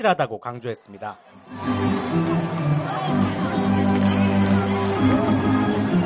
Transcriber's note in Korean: 녹취: 야구장 현장음